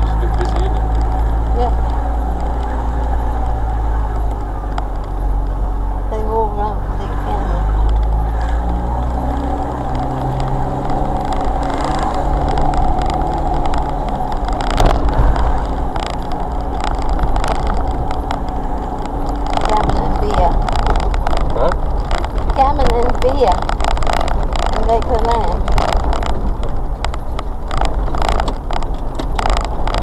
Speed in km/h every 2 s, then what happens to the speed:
15, 16, 16, 15, 18, 19, 24, 23, 23, 31, 31, 29, 27, 26, 27.
0-7 steady at about 15. 7-12 speeds up to 24. 16-18 speeds up to 31. 18-30 steady at about 27.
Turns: none.